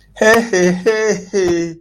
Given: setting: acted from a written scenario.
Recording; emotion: vocal sound without words; negative surprise